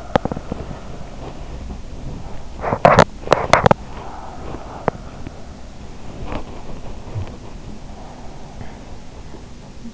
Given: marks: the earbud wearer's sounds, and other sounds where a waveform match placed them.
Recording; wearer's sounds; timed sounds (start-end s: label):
sounds in sleep by an in-ear microphone; teeth grinding, body movement, talking in sleep, swallowing
0.00-0.63 s: teeth grinding
0.63-2.41 s: body movement
2.41-4.01 s: teeth grinding
4.01-8.92 s: body movement
4.75-5.11 s: teeth grinding
6.07-6.64 s: teeth grinding
7.05-7.35 s: talking in sleep
7.96-9.27 s: swallowing